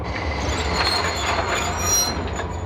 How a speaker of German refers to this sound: Die Lok hält vor dem weißen Tuch mit einem Ruck an.